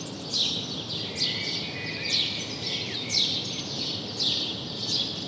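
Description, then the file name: House sparrow chirps, bright single notes repeated about once a second, over constant background hiss. "Passer domesticus"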